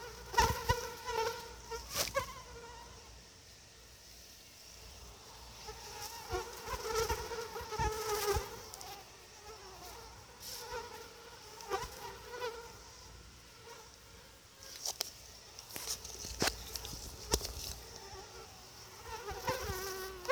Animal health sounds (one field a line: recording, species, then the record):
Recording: mosquito flight sound by mobile phone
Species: Anopheles quadriannulatus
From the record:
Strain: SANQUA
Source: CDC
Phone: Sony Xperia